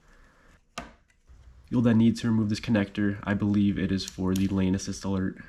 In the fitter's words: So, continue pushing on the tab until it clicks.